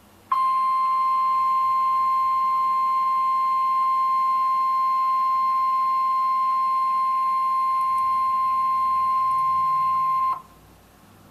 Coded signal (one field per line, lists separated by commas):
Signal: Emergency Alert System (SAME) tones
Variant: 1050 Hz attention tone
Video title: EAS #606: Severe Thunderstorm Warning (4/17/2013)